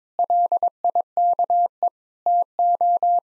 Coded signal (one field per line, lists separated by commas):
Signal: Morse code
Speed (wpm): 22 wpm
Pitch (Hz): 700 Hz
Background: none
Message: LIKE TO